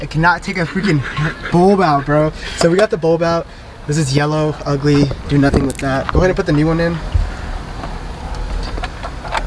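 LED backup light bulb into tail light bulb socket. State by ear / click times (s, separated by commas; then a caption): seated / 9.4 s. A new LED backup bulb is pushed into its plastic tail-light bulb socket while someone talks, and it seats with a short, sharp click at 9.4 s. A smaller snap comes just before, at 8.8 s.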